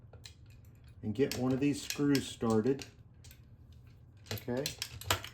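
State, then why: Seated. A Bolex ESM electric motor is rotated and wiggled against the side of a cine camera while someone talks, with small metal clicks and taps throughout. At 5.1 s a sharp, small metal click is heard as the motor's drive shaft drops into the camera's 1:1 shaft hole and seats.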